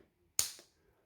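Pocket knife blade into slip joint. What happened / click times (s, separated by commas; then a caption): A folding blade snapped into its open position / 0.4 s. The blade of a Northwoods Knives Fremont Jack slip joint pocket knife with giraffe bone handles snaps into position at 0.4 s with a single sharp, bright snap that rings briefly and fades within about a third of a second. The blade is seated with a crisp snap.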